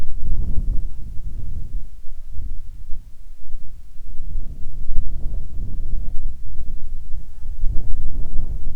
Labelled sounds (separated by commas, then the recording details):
wind, insects
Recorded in the Arctic National Wildlife Refuge, Alaska, on 7 July 2019 at 18:30
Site 41